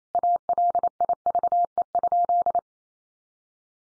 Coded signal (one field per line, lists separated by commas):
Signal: Morse code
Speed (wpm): 28 wpm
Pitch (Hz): 700 Hz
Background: none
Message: ALIVE?